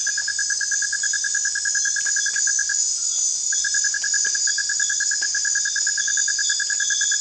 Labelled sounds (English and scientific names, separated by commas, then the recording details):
none
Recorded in dense forest near Puerto Asís, Putumayo, Colombia, on 27 June 2025 at 22:00
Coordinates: 0.468, -76.322
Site GP03